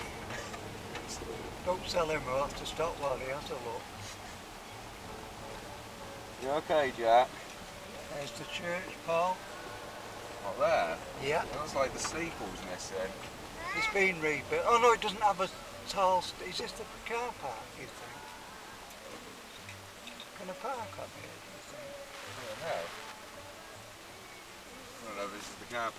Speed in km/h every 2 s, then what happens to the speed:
34, 32, 30, 27, 23, 27, 30, 26, 15, 11, 11, 11, 7.
0-8 slows to 23. 8-13 steady at about 27. 13-17 brakes to 11. 17-26 steady at about 11.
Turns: none.